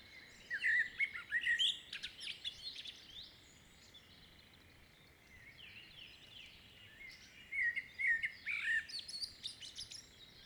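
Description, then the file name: Common blackbird song, two fluty warbled phrases with high scratchy endings, separated by several seconds of quiet. "Turdus merula"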